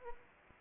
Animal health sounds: mosquito wingbeat signal from an infrared sensor; Anopheles arabiensis

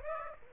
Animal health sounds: mosquito wingbeat signal from an infrared sensor; Aedes aegypti

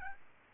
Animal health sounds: mosquito wingbeat signal from an infrared sensor; Aedes albopictus

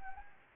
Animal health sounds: mosquito wingbeat signal from an infrared sensor; Anopheles arabiensis

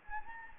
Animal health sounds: mosquito wingbeat signal from an infrared sensor; Anopheles gambiae

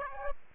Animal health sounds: mosquito wingbeat signal from an infrared sensor; Aedes aegypti

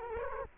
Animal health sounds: mosquito wingbeat signal from an infrared sensor; Culex quinquefasciatus

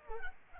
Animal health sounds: mosquito wingbeat signal from an infrared sensor; Culex pipiens

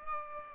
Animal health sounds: mosquito wingbeat signal from an infrared sensor; Aedes aegypti

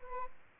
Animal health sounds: mosquito wingbeat signal from an infrared sensor; Aedes albopictus

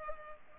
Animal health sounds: mosquito wingbeat signal from an infrared sensor; Culex pipiens

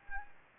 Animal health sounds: mosquito wingbeat signal from an infrared sensor; Anopheles gambiae

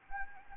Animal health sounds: mosquito wingbeat signal from an infrared sensor; Anopheles gambiae

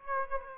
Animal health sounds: mosquito wingbeat signal from an infrared sensor; Aedes aegypti

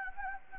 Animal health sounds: mosquito wingbeat signal from an infrared sensor; Anopheles gambiae

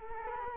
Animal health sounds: mosquito wingbeat signal from an infrared sensor; Culex quinquefasciatus

